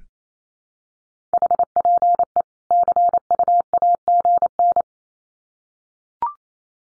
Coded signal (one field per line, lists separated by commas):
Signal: Morse code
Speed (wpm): 28 wpm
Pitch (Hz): 700 Hz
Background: none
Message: HPE CUAGN